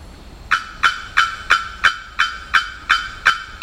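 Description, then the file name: Bearded bellbird giving a rapid series of loud, explosive metallic bocks, each note clanging abruptly, repeated about three times per second with steady rhythm. Recorded 27 October 2001. "2001-10-27 Bearded Bellbird"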